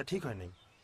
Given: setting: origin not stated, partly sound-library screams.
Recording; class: one-second piece from a danger detection set; normal situation